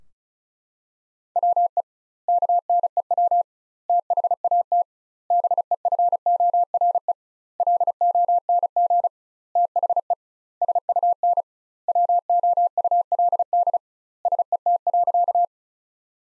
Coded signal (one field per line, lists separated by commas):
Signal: Morse code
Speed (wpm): 34 wpm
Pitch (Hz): 700 Hz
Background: none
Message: WE KNEW THAT BEFORE LONG THE SUN WOULD SET.